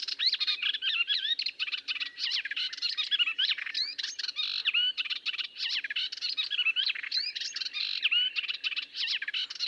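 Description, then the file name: Melodious warbler giving a long, dense stream of hurried twittering notes, squeaky slurs and chatter, rambling on without a break. "British Library - Melodious Warbler Hippolais polyglotta"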